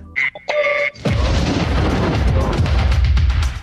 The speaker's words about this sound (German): The Heterodan High Quality Sound Recreation Explosion. For your personal diffusion process.